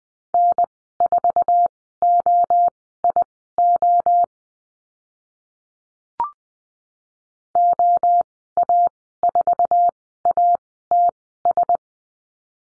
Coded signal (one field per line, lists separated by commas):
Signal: Morse code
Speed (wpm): 20 wpm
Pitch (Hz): 700 Hz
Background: none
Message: N4OIO OA4ATS